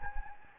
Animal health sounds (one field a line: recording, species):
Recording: mosquito wingbeat signal from an infrared sensor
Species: Anopheles gambiae